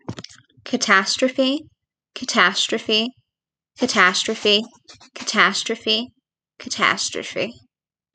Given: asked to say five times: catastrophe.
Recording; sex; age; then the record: repeated word; female; 20 to 29 years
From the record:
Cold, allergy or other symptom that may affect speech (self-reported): no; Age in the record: 20 years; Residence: Pennsylvania, United States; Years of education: 14